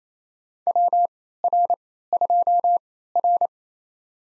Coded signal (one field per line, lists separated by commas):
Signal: Morse code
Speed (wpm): 28 wpm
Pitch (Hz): 700 Hz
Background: none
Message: WR2R